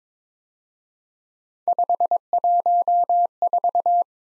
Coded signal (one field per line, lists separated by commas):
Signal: Morse code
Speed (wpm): 26 wpm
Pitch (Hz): 700 Hz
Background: none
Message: 514